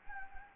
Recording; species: mosquito wingbeat signal from an infrared sensor; Anopheles gambiae